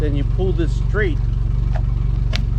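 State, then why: Released. A small spring-loaded lock on a runabout boat's bimini top mount is pulled straight out of its mount to release the top, after its spring is pushed outward. Someone talks over a steady low engine-like hum. A soft tick at 1.8 s is followed by a sharp hit at 2.4 s as the lock comes free.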